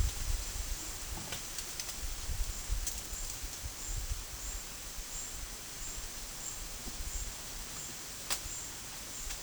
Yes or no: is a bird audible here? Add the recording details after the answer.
no. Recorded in secondary vegetation near Puerto Asís, Putumayo, Colombia, on 24 June 2025. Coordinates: 0.488, -76.319. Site G094